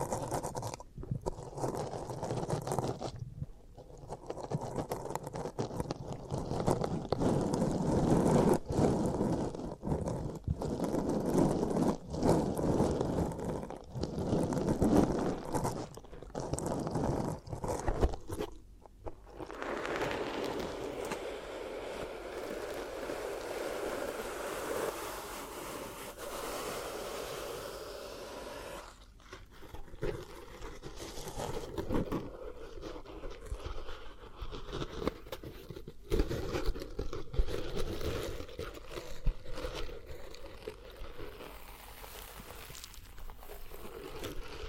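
Hypnotic triggers: dense scratching and crunching textures, with rough, busy brushing through the first eighteen seconds broken by short pauses. After that the sound turns softer and smoother, a steady hiss with gentle rubbing, and occasional sharp taps and clicks near 29 and 36 seconds.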